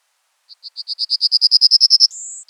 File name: emberiza citrinella